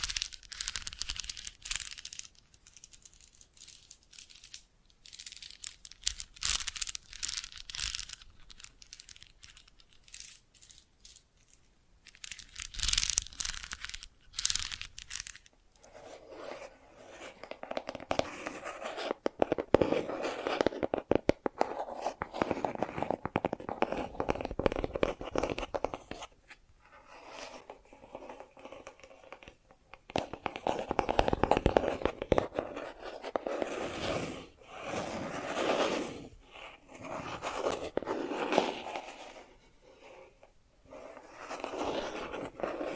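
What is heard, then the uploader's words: Bracelets and jewelry boxes are handled, giving bright clinks, rattles and crinkly rustles. The first fifteen seconds bring sharp, scattered clicks, followed by denser stretches of shuffling and jangling that rise and fall in bursts with short quiet gaps. ASMR Sensitive & Sleepy Triggers Bracelets and Jewelry Boxes (No Talking).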